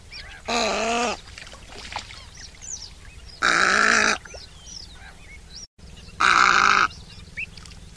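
Bird calls: three loud, harsh, drawn-out honking notes spaced roughly three seconds apart, with faint chirps from other birds in between.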